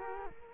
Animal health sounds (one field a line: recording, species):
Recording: mosquito wingbeat signal from an infrared sensor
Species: Culex quinquefasciatus